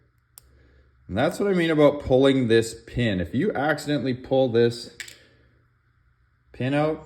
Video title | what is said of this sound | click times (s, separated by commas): LL4D Byrna LE - A “brief” overview of my modified launcher NOT!!! | And it has to be in the click. You hear that click? | 0.4 s